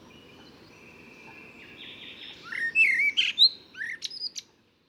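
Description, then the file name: Common blackbird song, a short fluty warble that rises into high squeaky twitters near the end, heard over steady background noise. "Turdus merula"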